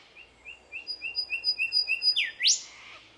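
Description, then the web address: Bird calling: several quick, evenly spaced piping notes, then a loud down-and-up whipping sweep to close the sequence. Unidentified Australian bird. "Sound Effects-Foundation 1 BIRD AUSTRALIAN UNKNOWN SEQUENCE 02"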